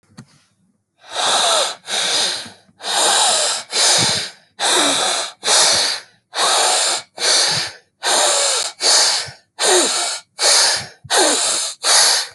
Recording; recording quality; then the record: deep breathing; excellent, no background noise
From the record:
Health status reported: healthy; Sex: male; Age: 35 years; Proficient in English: yes